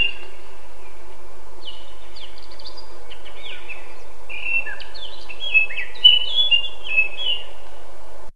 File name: slavka chernogolovka